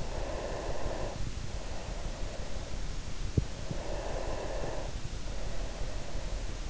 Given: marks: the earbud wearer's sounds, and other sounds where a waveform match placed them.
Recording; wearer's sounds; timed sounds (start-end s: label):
sounds in sleep by an in-ear microphone; breath
0.00-3.12 s: breath
3.64-6.56 s: breath